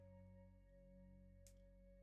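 A plastic model kit part that would not lock in at first is pushed again into its mating part, over steady background music. A short, sharp click at 1.5 s shows the part snapping into place and seating.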